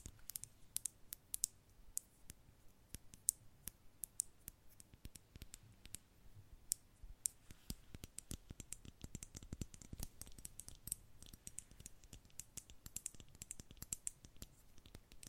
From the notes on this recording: tapping random objects such as an old passport, a handmade calendar, Rubik's cube and a hot water bottle